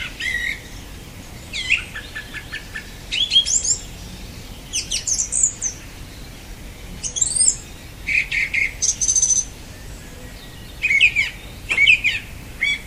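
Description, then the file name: Song thrush producing bouts of clicking, whistled and rising notes, with short pauses between them. "Golosa ptic - Pevchij drozd"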